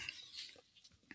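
A brief, hissy, snort-like breathing noise from an office dog lying nearby, with airy rasping and little low rumble. It is very loud snoring, the noisy breathing of a sleeping dog.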